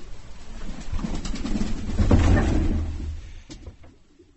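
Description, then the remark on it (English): Pigeons cooing in low, soft, throaty murmurs, the sound swelling in the middle and tapering off, with a brief clack near the end and no voices. “what do you make of these pigeons?”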